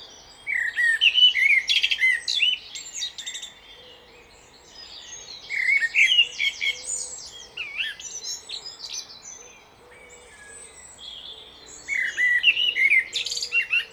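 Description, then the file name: Common blackbird delivering three separate song phrases, each a run of warbled fluty whistles closing in thin, squeaky high twitters, with short quiet gaps between. "Turdus merula"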